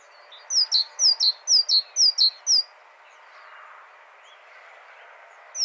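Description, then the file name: Great tit song: about five quick two-note phrases, a high note dropping to a lower one, repeated steadily for two seconds, then quiet with a faint background hiss until one more note at the very end. "Parus major"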